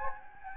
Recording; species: mosquito wingbeat signal from an infrared sensor; Anopheles gambiae